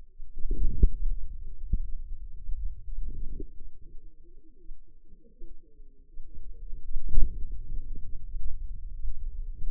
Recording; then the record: forearm muscle sounds (acoustic myography)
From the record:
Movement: hand closing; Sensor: system 2, bracelet of six BSWA MPA416 microphones around the upper forearm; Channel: 1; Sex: female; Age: 25 years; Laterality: right